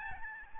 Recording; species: mosquito wingbeat signal from an infrared sensor; Aedes albopictus